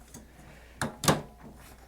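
A black ink print head is pushed with the thumb into the carriage of an HP Smart Tank 5000 printer, contacts facing the printer, and clicks home at 0.8 s, seated. A second, louder knock follows at 1.1 s, with only faint low noise around it.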